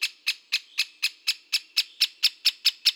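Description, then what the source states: Great spotted woodpecker calls: a rapid, even series of sharp, clicky kik notes, about four each second, with no other sounds. Recorded in Slovenia.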